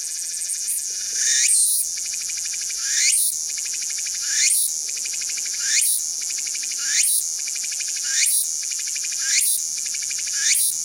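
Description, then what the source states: Walker's cicada singing, a harsh high buzz swelling into a rhythmic phrase, repeated at even intervals throughout. Recorded on 16 September 2022.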